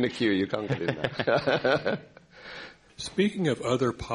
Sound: laughter

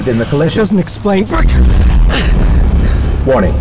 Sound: FX – Off, an Explosion. Followed by RENDING of breached hull

